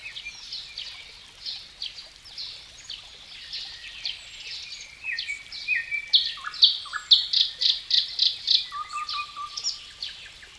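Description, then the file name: Bird song of high twittering and buzzy notes, building into a series of loud repeated chirps about twice a second, then a short low whistle. "melodiez vogels"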